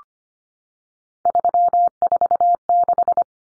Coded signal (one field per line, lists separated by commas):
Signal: Morse code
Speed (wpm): 25 wpm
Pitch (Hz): 700 Hz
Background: none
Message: 346